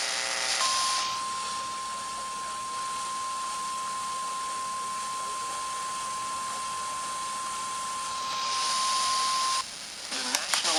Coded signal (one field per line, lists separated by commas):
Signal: Emergency Alert System (SAME) tones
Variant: 1050 Hz attention tone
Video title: TWISTER OF TERROR...EAS #363-368 (10/25/25)